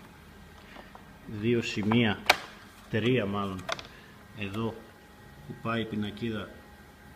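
A plastic license plate frame cover is being handled over its frame base, with the plate going into the frame, while someone talks throughout. A few small handling knocks come through between the speech, and nothing has seated or clicked yet.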